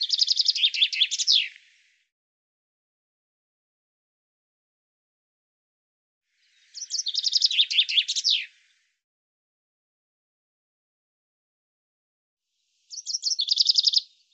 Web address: cianscape birddata Deverinetal 2025 Bird Fr Co